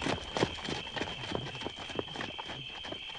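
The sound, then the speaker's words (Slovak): Rapid hoofbeats clatter in an uneven, rolling rhythm as riders flee on galloping horses, sharp knocks repeating many times over a steady background hiss. “Chytro, bratia, sadajte na kone a utekajte.”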